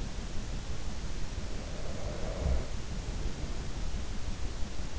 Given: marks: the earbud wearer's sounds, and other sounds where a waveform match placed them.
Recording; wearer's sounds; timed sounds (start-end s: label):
sounds in sleep by an in-ear microphone; breath
0.96-4.19 s: breath